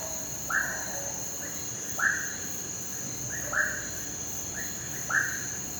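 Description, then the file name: Toad calling with short notes repeated about every one and a half seconds, fainter calls between them, over a constant high-pitched insect trill. Rural night ambience with toads, first near then far, and a chorus of crickets and cicadas; recorded in XY stereo. "Sapos perto depois longe ambiente rural a noite gravacao em xy coro de grilos e cigarras, cachorro longe"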